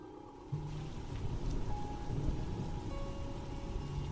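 Heavy rain patters steadily on the outside of a tent during a storm with roaring gusts of wind, a dense, continuous wash of drops with a low rumbling undertone that swells after the first half second.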